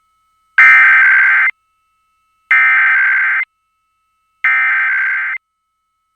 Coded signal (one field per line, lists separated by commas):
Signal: Emergency Alert System (SAME) tones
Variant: header bursts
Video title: [EAS #2030-#2034] Why Hello there KLOVE, KSL & KUTR